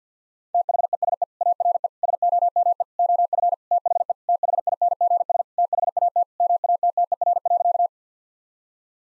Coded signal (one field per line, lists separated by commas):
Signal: Morse code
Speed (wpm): 50 wpm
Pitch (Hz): 700 Hz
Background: none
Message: THESE ARE SOME OF THE THINGS THAT MATTER.